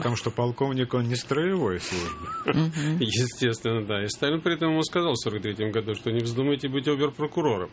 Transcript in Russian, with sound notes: Потому что полковник – он не строевой службы. (смеется)
Естественно, да. И Сталин при этом ему сказал в 1943-м году, что «не вздумайте быть обер-прокурором».